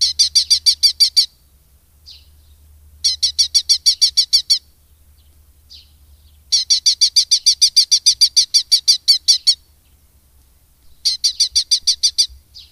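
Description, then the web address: Red-footed falcon calling in four fast bursts of sharp, high chattering notes, each burst lasting one to three seconds, with short quiet pauses and faint single notes between. "agykontroll Madardalok Cd 2. Kék vércse"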